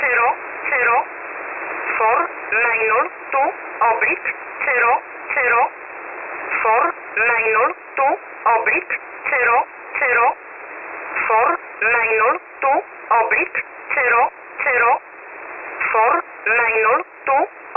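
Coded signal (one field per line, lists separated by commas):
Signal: numbers station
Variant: E11 Oblique, English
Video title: 28 08 2021 Number station E11 Oblique in English to Eu 0730 on 7377 unknown tx site in USB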